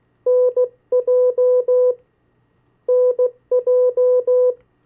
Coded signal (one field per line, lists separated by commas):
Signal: Morse code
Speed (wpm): 16 wpm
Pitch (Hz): 500 Hz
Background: none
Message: NJ NJ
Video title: 50 State Abbreviations, Variable speeds, in CW Video #2